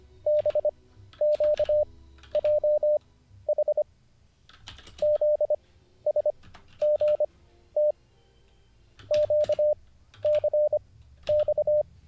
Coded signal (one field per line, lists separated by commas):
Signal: Morse code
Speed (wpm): 24 wpm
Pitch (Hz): 600 Hz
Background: none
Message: B Q J H Z S G T Q C X